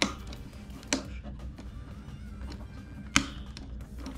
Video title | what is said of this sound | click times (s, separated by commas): How To Build Your Own Gaming PC - Step By Step DIY | snaps in place like so nice and snug | 0.0 s, 0.9 s, 3.2 s